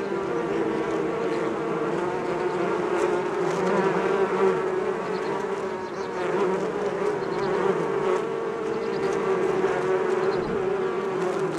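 Bees buzzing together in a full, unbroken hum that dips briefly midway before returning.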